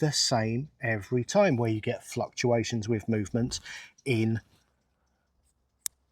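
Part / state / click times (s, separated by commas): single shot pellet loader into air rifle magazine well / seated / 5.9 s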